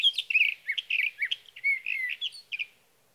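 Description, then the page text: Sage thrasher song: a continuous tumbling stream of warbled, whistled phrases, varied and quick, ending after about two and a half seconds. Male singing near his night roost through three nights, evening of June 12 to morning of June 15, 2018, Sierra Valley, California; recorded with a Swift recorder; night songs. "Birdsong for the Curious Naturalist: Explore #7. 61. Sage thrasher songs, through the night. For three nights, from the evening of June 12 to the morning of June 15, 2018, in Sierra Valley, California"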